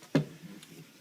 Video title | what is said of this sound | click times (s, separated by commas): Cleaning a gun after shooting corrosive military surplus ammo | I want to make sure that I put the split part at the bottom and they just click right back into place | 0.1 s